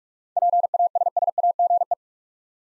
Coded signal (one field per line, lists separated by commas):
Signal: Morse code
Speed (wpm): 42 wpm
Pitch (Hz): 700 Hz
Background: none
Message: PASSAGE